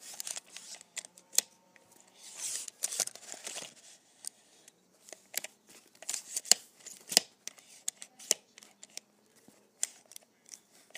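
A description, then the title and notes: A tape measure is pulled and handled, giving a run of sharp clicks and ticks scattered unevenly through the whole stretch. Short rasping bursts of sliding metal tape come around two to four seconds and again near six seconds, between quieter gaps. ASMR Pulling my Tape Measure.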